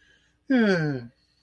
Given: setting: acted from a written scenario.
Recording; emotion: vocal sound without words; neutral